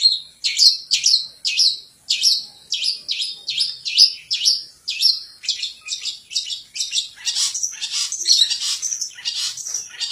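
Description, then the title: Long-tailed shrike song, rhythmic high scratchy notes in a steady series, becoming a denser, busier chatter toward the end. "Cendet"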